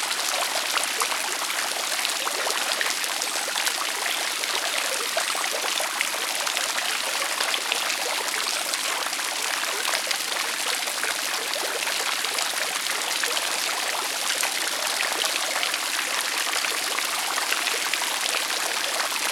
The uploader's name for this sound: Extra Splashy Public Fountain